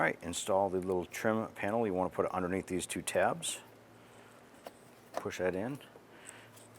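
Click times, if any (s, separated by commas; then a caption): none. A small plastic trim panel for the headlight-area body opening on a 2005-2010 Jeep Grand Cherokee is tucked under two tabs and pushed in while someone talks. Brief faint handling noises follow, but nothing has seated or clicked yet.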